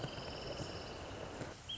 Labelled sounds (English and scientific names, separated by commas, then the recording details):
Wrentit (Chamaea fasciata)
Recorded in Sonoma County, California